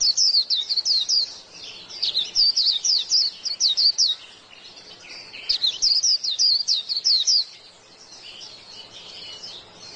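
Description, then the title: White-eye song, two lively bursts of fast, thin, high chirps, then fainter soft twittering trailing off in the final seconds. "Pleci"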